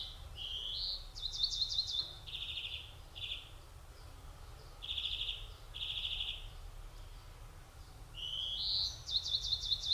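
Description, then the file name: European greenfinch calls: rattling trills and rising nasal wheezes in loose series, separated by a few seconds of low background noise. "Chloris chloris"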